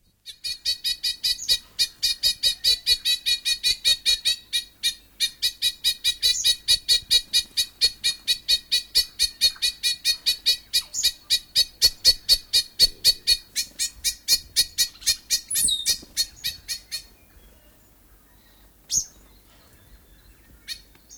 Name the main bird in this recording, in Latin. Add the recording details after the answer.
Anthornis melanura. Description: Bellbird/korimako adult alarm call. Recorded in New Zealand